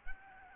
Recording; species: mosquito wingbeat signal from an infrared sensor; Aedes albopictus